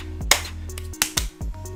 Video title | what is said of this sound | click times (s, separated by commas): PG Gundam Unicorn 03 Phenex LIVE BUILD EVENT! | and there we go | 0.3 s, 1.0 s